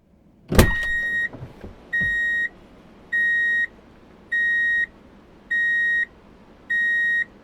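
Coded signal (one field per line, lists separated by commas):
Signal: alarm pattern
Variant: car reversing beeper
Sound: a clunk, then six evenly spaced steady high beeps, about half a second each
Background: car clunk, engine rumble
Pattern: 6 beeps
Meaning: The vehicle is in reverse gear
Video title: [Free sound effect] Transportation | Drive in Reverse Beep Alert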